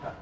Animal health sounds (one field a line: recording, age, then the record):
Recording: pig call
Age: growing-finishing pig (85 days or more)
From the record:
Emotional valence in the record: positive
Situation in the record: run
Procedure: transit